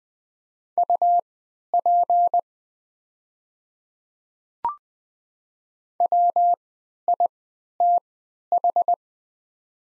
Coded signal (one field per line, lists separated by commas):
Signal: Morse code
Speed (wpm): 20 wpm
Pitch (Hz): 700 Hz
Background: none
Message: UP WITH